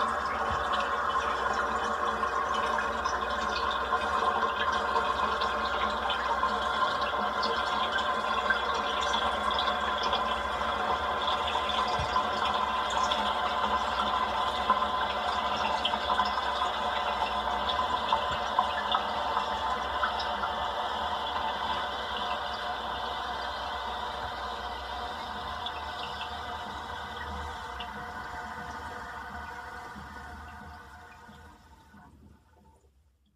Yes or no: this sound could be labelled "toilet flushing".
yes